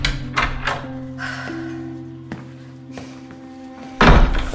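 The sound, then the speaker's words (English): The heavy front door of a home on the planet Callus, which recognises its rightful owner, opens with a couple of dull thunks, a low steady hum beneath, then a louder broad burst of noise as it swings fully open. “This door recognises Cassandra King, rightful owner.”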